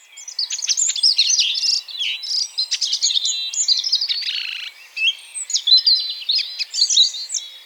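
Bird song: high, quick chirps, whistled slurs and short trills without pause, with one brief buzzy burst near the middle.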